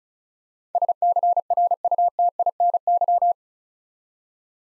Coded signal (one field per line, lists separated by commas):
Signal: Morse code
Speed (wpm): 36 wpm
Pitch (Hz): 700 Hz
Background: none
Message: SCRUTINY